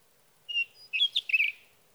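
Sage thrasher song fragment: a clear whistled note, then a quick burst of warbled, chattering slurs.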